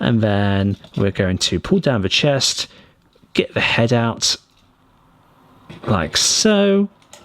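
Someone talks while handling the chest panel of a plastic transforming action figure, pulling the chest down and getting the head out, with faint handling noises between the words and a brief sharp sound near 7.1 s. The chest has not yet been folded back into the torso, so nothing has seated or clicked yet.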